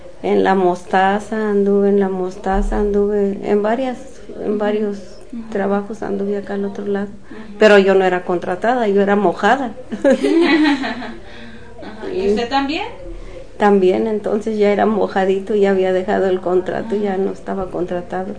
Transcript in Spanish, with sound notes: en la mostaza, anduve en la mostaza, anduve en varias, en varios trabajos anduve acá al otro lado. Pero, yo no era contratada, yo era mojada. (risas)
Y, ¿usted también?
También, entonces ya era mojadito y ya había dejado el contrato y ya no estaba contratado.